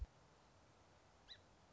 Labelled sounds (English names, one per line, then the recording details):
Song Sparrow
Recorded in Sonoma County, California